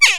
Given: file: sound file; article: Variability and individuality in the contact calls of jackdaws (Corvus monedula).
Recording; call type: jackdaw call; harmonic